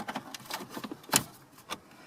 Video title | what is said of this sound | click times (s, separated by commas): 4" to 8" Factory SYNC 3 Apple CarPlay Android Auto Upgrade - 2015 - 2018 Ford Mustang | the wiring is out of the way the panel will just snap back on and now we'll just replace the four screws | 1.2 s